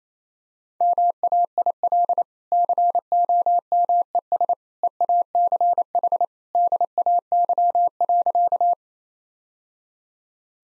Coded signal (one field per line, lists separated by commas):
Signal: Morse code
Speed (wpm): 27 wpm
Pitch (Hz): 700 Hz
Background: none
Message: MAIL COMES EACH DAY.